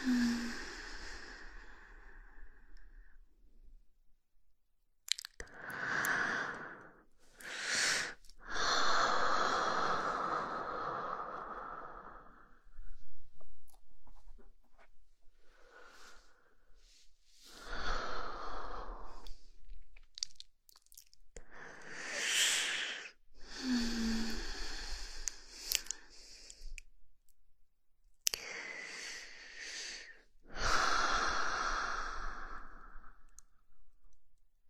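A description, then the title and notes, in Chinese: Slow breathing, with long airy inhales and exhales rising and fading roughly every four to five seconds, separated by near-silent pauses. Each breath has a soft hissing texture, and a few sharp clicks mark the starts of some breaths. 缓缓的呼吸声。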